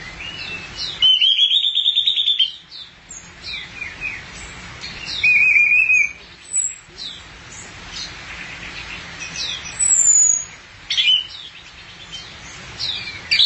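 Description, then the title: Thrush song of loud whistled phrases spaced a few seconds apart, with quieter high twittering notes filling the gaps. "burung anis x"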